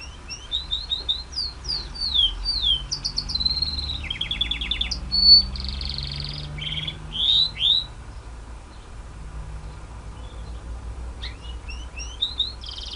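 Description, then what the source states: White-eye song in bursts of high slurred whistles, rattling trills and buzzy notes, then a pause before a few more rising notes, with faint low hum behind. Ngerol ngalas song style.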